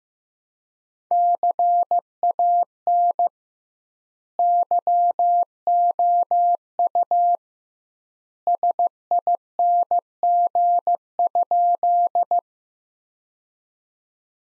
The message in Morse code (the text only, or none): CAN YOU SING?